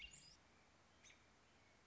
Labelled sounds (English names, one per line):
American Robin